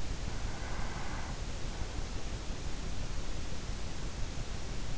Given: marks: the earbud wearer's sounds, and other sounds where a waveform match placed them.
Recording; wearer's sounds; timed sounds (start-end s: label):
sounds in sleep by an in-ear microphone; breath
0.11-1.77 s: breath